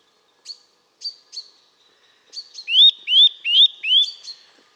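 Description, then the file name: Eurasian nuthatch giving a series of calls: a few short sharp high notes, then four loud upslurred whistled notes in quick succession. "Sitta europaea"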